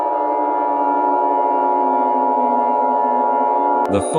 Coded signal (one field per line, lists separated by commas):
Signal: Emergency Alert System (SAME) tones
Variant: 853 and 960 Hz attention tone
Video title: (EAS Scenario #2) Nuclear Mayhem